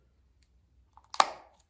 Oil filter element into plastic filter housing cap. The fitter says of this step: but uh you should hear it click together just